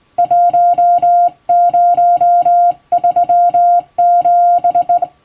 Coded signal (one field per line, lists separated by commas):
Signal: Morse code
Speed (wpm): 20 wpm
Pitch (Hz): 700 Hz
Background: music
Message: 1037